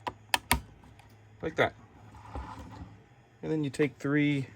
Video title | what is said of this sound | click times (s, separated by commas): BT-1 Launcher Assembly Guide | and it just will kind of pop into place like that | 0.3 s, 0.5 s